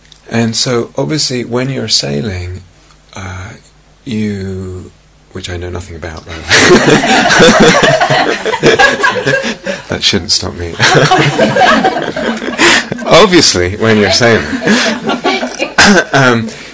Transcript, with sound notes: And so, obviously, when you're sailing -- which I know nothing about. [laughter] That shouldn't stop me! Obviously, when you're sailing...